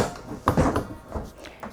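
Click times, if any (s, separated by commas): 0.5 s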